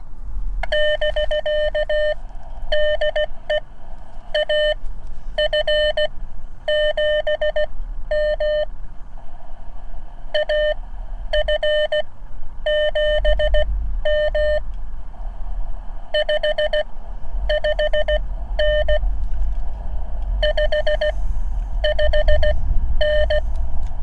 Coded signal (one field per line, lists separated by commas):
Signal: Morse code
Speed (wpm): 16 wpm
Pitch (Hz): 600 Hz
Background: none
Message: <BK> DE AF7M AF7M 55N 55N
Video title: My CW Journey: 5th Activation - uSDX+ Transceiver